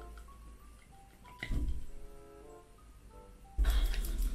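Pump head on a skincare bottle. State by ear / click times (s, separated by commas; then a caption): not seated / none. Someone twists the locked pump head of a plastic skincare bottle to open it while music plays in the background. Short bursts of handling noise and rubbing occur near 1.4 s and again from about 3.6 s. No click comes from the twist-lock, and nothing has clicked open yet.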